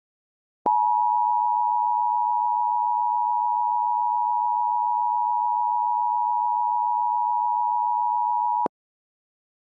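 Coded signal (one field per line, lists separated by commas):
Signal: Emergency Alert System (SAME) tones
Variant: 853 and 960 Hz attention tone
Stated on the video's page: Fictional troll EAS scenario, not a real alert.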